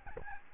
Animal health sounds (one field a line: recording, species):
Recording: mosquito wingbeat signal from an infrared sensor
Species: Aedes albopictus